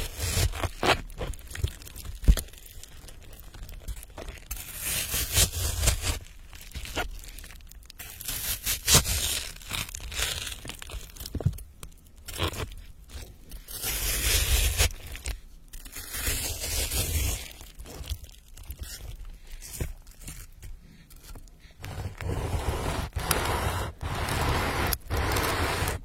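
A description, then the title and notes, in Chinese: Vegetables are being cut, with crisp crunching and tearing strokes coming in quick, uneven runs throughout. Dull knocks from the board sit beneath the bright, hissy slices, and the busiest stretches come around the middle and near the end. 切菜的声音。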